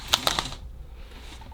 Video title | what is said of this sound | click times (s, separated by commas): How to Operate Window Blinds - Raise Lower Open Close - Beginners guide | and lock so you get the idea there | 0.1 s